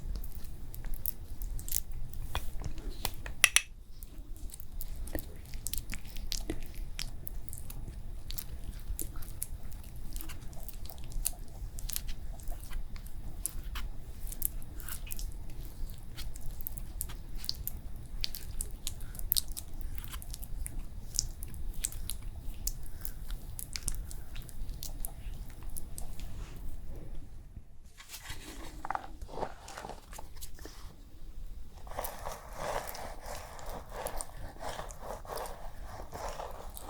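A facial care treatment, with a steady run of soft squishing, tapping and crackling sounds packed closely together over a low hum. A sharp click stands out near the start. Near the end the low hum drops away and a gentler brushing hiss takes over.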